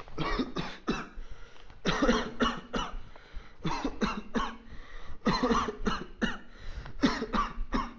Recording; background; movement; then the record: voluntary coughing; quiet; walking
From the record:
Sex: male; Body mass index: 21.0 kg/m2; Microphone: on the chest, facing outward